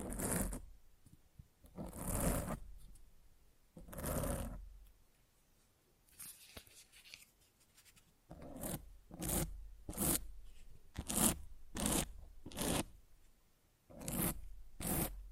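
Scratching on a microphone in bursts: three broad scrapes early, a quieter stretch near the middle, then rapid regular strokes through the end.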